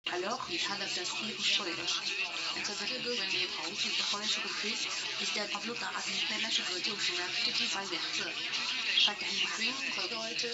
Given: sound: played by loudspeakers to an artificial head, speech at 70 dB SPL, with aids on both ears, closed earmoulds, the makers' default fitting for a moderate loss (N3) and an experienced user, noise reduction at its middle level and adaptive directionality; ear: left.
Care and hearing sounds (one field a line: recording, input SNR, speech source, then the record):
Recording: speech test signal (ISTS) in cocktail-party noise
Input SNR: +6 dB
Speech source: on the right (90 degrees)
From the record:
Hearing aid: class 1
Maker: A